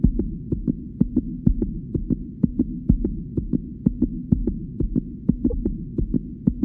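Paired lub-dub heart sounds over a steady low hum, regular and fast at about 125–130 beats a minute. This is a rapid heartbeat (tachycardia), a heart rate above the normal resting range.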